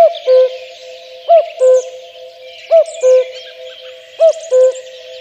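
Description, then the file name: Common cuckoo repeating a clear cu-coo four times, roughly once a second and a half, against twittering background birds. "kakukk hangja"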